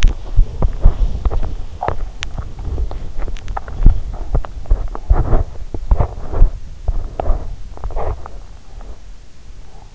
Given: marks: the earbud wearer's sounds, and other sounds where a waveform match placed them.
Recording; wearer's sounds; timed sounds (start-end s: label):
sounds in sleep by an in-ear microphone; teeth grinding
0.00-8.42 s: teeth grinding